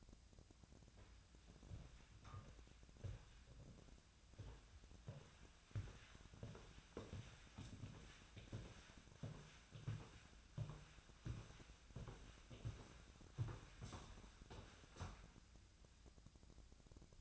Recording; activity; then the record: daily activity, microphone in the room; walk to room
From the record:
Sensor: 2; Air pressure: 1009.9 hPa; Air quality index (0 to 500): 177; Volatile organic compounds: 10 ppm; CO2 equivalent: 2215 ppm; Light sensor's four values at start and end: 36/88/38/42 and 35/87/37/42